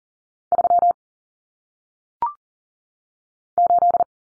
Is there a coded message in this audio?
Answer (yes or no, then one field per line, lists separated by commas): yes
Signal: Morse code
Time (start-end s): 0.5-4.0 s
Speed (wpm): 40 wpm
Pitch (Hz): 700 Hz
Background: none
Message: 3 8